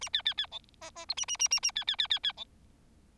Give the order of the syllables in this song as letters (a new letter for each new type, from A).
A B B B C D D E A A A A A B B B B B C